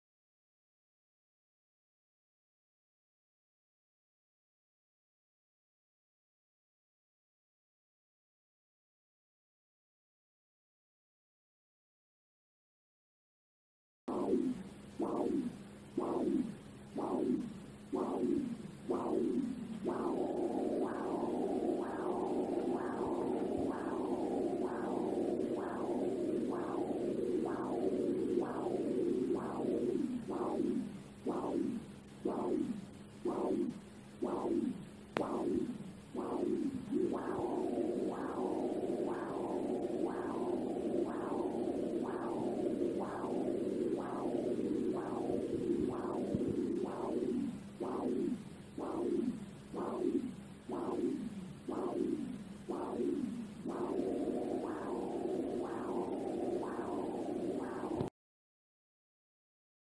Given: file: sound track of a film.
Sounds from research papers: A live Doppler signal response during intermittent negative pressure applied to the lower leg and foot in a patient with peripheral arterial disease (Fontaine stage II). The video shows a typical live Doppler signal response when measuring blood flow velocity in the most distal foot artery (arteria dorsalis pedis). Twenty seconds into the recording, the negative pressure is applied for 10 second followed by a 7 second period of atmospheric pressure. The sequence is repeated with the negative pressure (-40 mmHg) starting again after 37 seconds and 54 seconds.

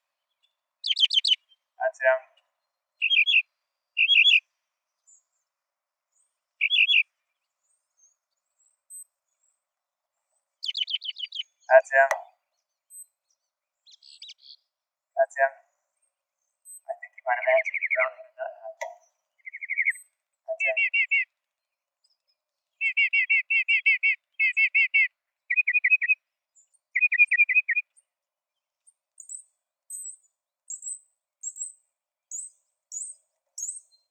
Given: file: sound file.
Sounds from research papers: Bird C. Mockingbird song material analyzed in this exploratory analysis is from five individual birds.

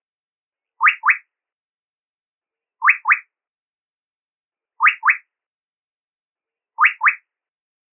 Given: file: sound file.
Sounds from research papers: The Yellow-breasted Boubou male song type Hwee-hwee produced as solo

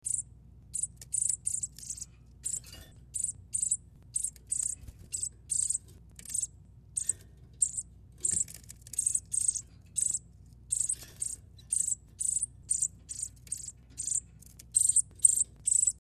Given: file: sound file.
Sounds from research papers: The food begging calls of a male sparrow at PHD20

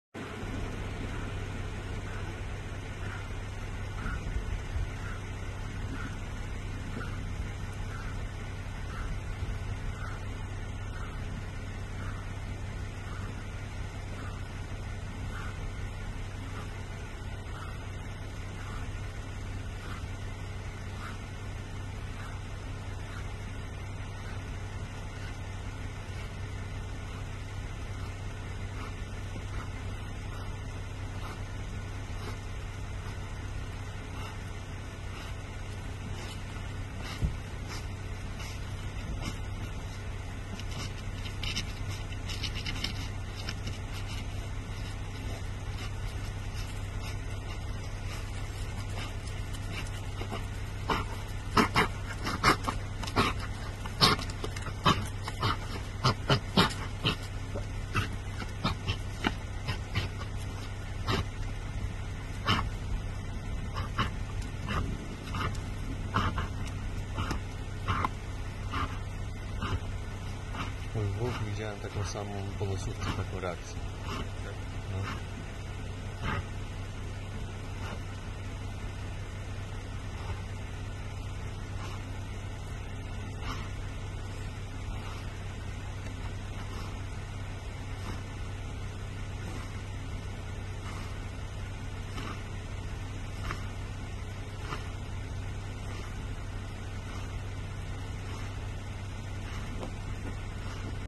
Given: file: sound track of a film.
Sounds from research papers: Aujeszky’s disease in a grey wolf (Canis lupus). The clinical symptoms indicated severe epileptic seizures, occurring every several minutes, accompanied by vocalizations during the ictal episodes.

